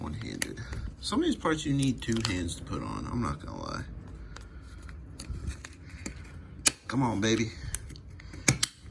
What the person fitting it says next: Oh, there we go. See, it clicked in.